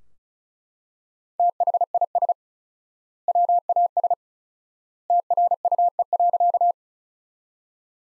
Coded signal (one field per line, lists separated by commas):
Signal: Morse code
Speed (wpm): 36 wpm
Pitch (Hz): 700 Hz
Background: none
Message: THIS WAS TRUE.